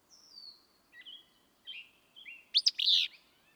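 Willow flycatcher, one sharp buzzy burst near the end, following several thin whistled and slurred notes.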